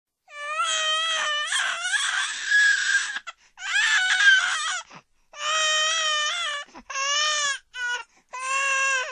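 Six sustained, high-pitched wailing cry bursts with clear tonal voicing and short breath gaps, in a small quiet room. Ordinary crying by a ten-month-old baby in daily life.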